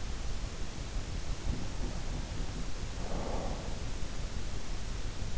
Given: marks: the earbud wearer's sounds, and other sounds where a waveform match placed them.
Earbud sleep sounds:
sounds in sleep by an in-ear microphone; breath
1.34-3.83 s: sound from someone else or the room
3.03-3.83 s: breath

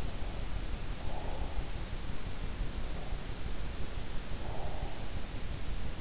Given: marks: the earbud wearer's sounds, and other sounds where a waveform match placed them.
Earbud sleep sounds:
sounds in sleep by an in-ear microphone; breath
0.41-1.74 s: breath
4.14-5.35 s: breath

